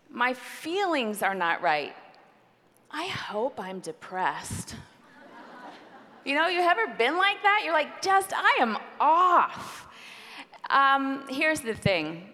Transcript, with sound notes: My feelings are not right. I hope I’m depressed.” (laughter) Have you ever been like that? You’re like, “I am off!” Here’s the thing: